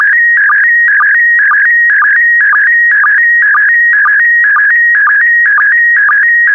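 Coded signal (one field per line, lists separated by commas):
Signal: SSTV (slow-scan television)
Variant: PD120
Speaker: the next image transmission will start in 10 seconds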